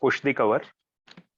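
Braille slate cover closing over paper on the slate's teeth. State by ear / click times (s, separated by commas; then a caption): seated / 1.1 s. Someone talks, then the hinged cover of a braille slate is pushed down over paper laid on the slate's raised teeth. The cover snaps shut with a short click at 1.1 s, followed closely by a second brief sound, locking the paper onto the teeth so it is fixed in place.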